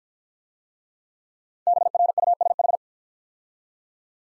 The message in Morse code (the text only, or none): BRUSH